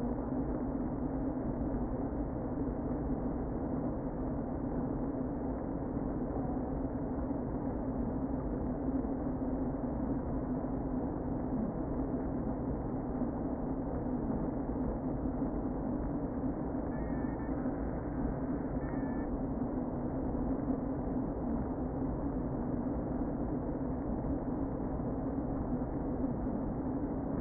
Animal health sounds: honeybee colony, microphone inside the hive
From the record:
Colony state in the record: queen present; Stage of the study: before two queens were removed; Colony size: about 60,000 bees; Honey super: yes

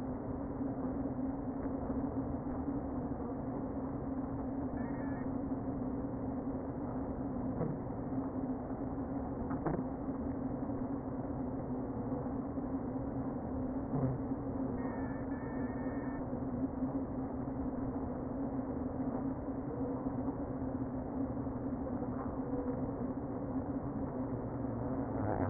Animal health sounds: honeybee colony, microphone inside the hive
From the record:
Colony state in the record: queen present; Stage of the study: before two queens were removed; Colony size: about 60,000 bees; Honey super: yes

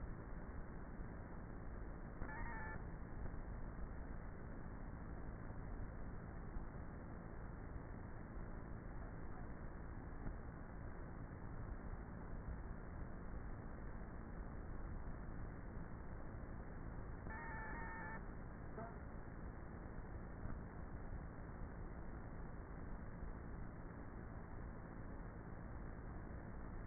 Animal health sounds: honeybee colony, microphone inside the hive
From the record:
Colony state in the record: queenless with a low population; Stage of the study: before two queens were removed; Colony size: about 30,000 bees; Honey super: no

